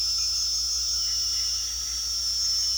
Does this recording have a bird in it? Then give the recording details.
no. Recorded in pastures near Puerto Asís, Putumayo, Colombia, on 8 March 2025 at 22:30. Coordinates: 0.497, -76.327. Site G072